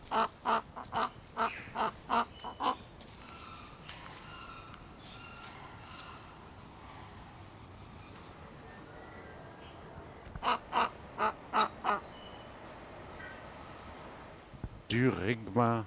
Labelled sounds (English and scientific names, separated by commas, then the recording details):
Whistling Heron (Syrigma sibilatrix)
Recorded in captivity
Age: adult
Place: Zoo Berlin, Berlin, DE
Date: 1997-10-25
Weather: wolkig, 3°C
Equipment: Nagra SN, Kopie Uher 4000 Report Monitor
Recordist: Tembrock, Günter